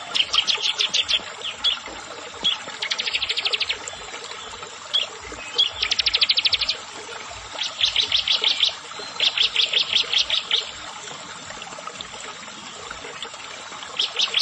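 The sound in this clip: Bar-winged prinia song: repeated runs of quick, buzzy, high-pitched notes in short bursts, some fast and trilled, separated by brief pauses.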